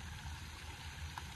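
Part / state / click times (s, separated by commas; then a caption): bail arm closing on a spinning fishing reel / seated / 1.2 s. A child turns the handle of a spinning fishing reel a little, so the metal bail arm flips over and snaps shut with a sharp click at 1.2 s over a steady, rushing low background noise. The bail closes, which keeps a fish from running away with the line.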